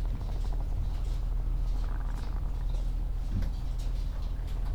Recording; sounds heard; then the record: poultry house recording; sick chickens (respiratory disease)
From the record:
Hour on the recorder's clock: 16